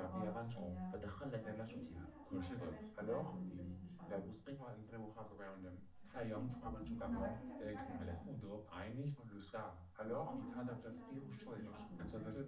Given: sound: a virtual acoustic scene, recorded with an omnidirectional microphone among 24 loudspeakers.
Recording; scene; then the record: noise of the scene; living room, asymmetric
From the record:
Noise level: 67 dB SPL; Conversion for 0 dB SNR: 5.4 dB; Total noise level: 72.4 dB SPL